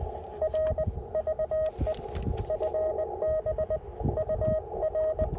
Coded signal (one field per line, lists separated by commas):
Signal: Morse code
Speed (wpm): 17 wpm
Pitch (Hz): 590 Hz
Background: radio noise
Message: R VE FB UR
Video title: POTA Activation: NC Transportation Museum with the IC-705 and CHA MPAS Lite